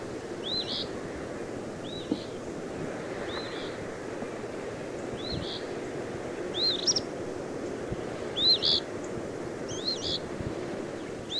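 Eastern phoebe repeating brief high slurred phrases about every second, fairly faint over a broad rushing background noise.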